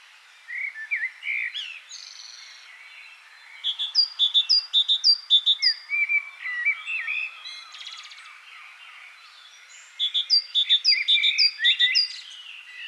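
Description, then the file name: Great tit calling, a mix of short chirps and rapid repeated phrases of high sweeping and clipped notes, in three bursts with quieter pauses between. "Parus major"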